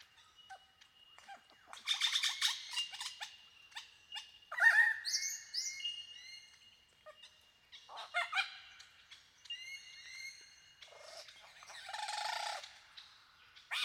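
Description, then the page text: Superb lyrebird song mixing harsh rasping bursts, clear ringing whistles and buzzy phrases in a rich, varied sequence with short pauses between sections. "Большая птица-лира - Superb Lyrebird (Menura novaehollandiae)"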